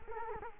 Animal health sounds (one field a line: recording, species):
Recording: mosquito wingbeat signal from an infrared sensor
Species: Culex quinquefasciatus